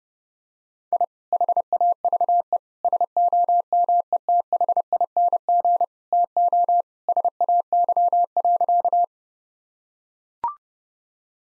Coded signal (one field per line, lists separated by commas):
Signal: Morse code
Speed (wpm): 30 wpm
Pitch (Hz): 700 Hz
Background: none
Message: I HAVE SOMETHING TO SAY.